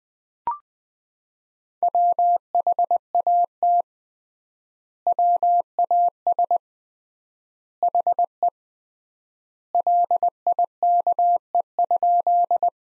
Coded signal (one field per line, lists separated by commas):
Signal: Morse code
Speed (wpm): 20 wpm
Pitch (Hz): 700 Hz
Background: none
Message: WHAT WAS HE LIKE?